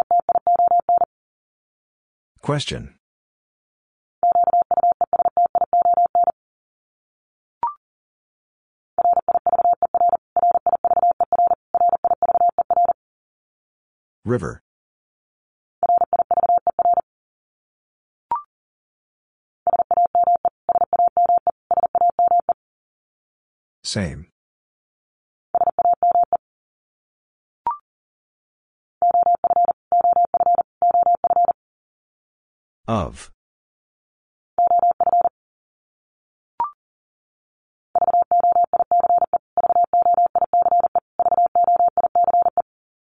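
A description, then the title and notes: A steady mid-pitched Morse tone beeps out one word three times in rhythmic groups, broken by sharp clicks and brief bright sweeps between groups. The word is sent three times in Morse code. Then it is spoken.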